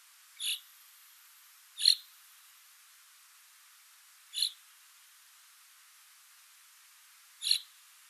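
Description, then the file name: Common chaffinch uttering four separate sharp call notes with irregular gaps of one to three seconds. "Fringilla coelebs"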